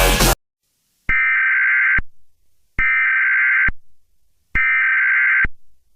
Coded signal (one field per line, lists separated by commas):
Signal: Emergency Alert System (SAME) tones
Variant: header bursts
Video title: EAS Scenario #40: A Race Against Time